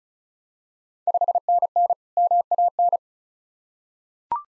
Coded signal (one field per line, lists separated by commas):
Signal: Morse code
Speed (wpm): 36 wpm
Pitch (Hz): 700 Hz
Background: none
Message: 5NN MAN